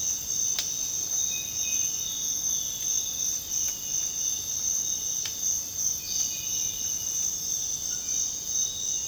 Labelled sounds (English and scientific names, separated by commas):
none